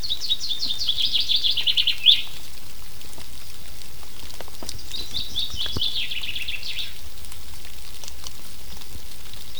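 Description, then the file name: Common chaffinch singing two rapid, tumbling phrases of descending notes, the first ending in a flourish, separated by a pause. "Fringilla coelebs"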